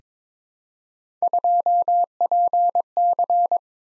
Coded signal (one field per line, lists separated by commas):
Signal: Morse code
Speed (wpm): 22 wpm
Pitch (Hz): 700 Hz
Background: none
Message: 2PC